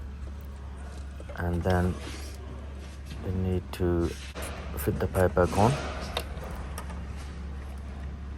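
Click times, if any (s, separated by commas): 6.2 s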